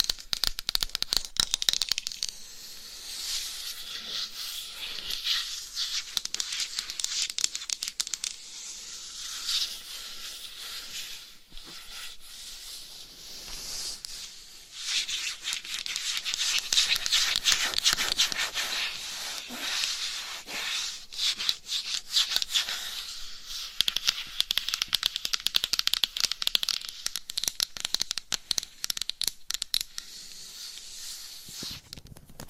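Tapping and scratching go on for the whole half minute, a dense run of small, crisp strokes mostly high and hissy in tone. The rubbing texture swells and thins in waves, quieter around eleven seconds and busier again near fifteen and twenty-five.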